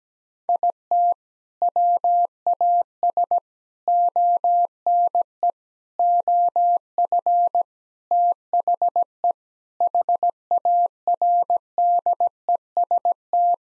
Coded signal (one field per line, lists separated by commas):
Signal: Morse code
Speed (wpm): 17 wpm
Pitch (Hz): 700 Hz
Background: none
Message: IT WAS ONE OF THE HARDEST